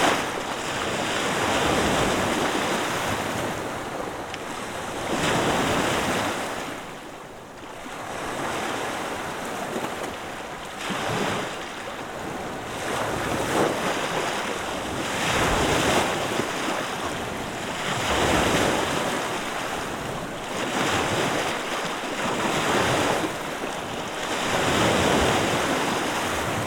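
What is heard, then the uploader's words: Waves wash steadily onto a Lake Superior beach near a lighthouse, dense surges every few seconds under constant wind rushing against the microphone. Sounds of Lake Superior: Crisp Point Beach and Lighthouse. We are in the upper peninsula of Michigan to spend a week exploring and recording. This recording features the waves of Lake Superior as they collide with an old pier left over from the heyday of this amazing lighthouse.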